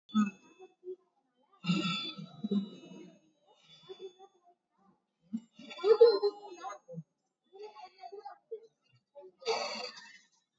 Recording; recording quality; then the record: shallow breathing; moderate, slight background noise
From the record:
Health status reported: recovered from COVID-19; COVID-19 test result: positive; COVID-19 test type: RT-PCR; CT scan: taken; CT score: 12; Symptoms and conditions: none ticked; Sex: male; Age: 38 years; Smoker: no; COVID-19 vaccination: none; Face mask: not worn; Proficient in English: yes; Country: India